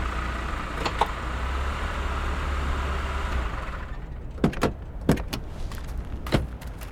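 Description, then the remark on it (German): A car engine rumbles steadily for a few seconds and then shuts off as the car parks in front of a village inn, followed by a handful of sharp clunks and clicks as car doors open and shut. “Ray parkte den Wagen und stieg mit den Models vor dem Gasthaus des Ortes aus.”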